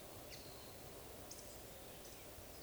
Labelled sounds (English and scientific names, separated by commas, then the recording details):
Eurasian Woodcock (Scolopax rusticola) whistle
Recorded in Baden-Württemberg, Germany, on 11 June 2020 at 19:45 UTC
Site 41501, 195 m above sea level